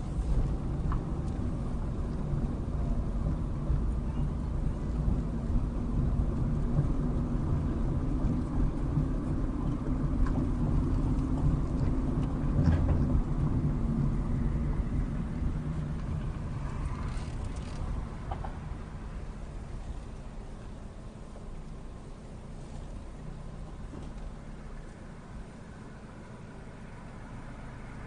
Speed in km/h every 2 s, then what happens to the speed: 24, 23, 27, 31, 31, 31, 24, 13, 8, 3, 3, 3, 0, 0.
0-10 speeds up to 31. 10-23 slows to 0. 23-28 standing.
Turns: 13-17.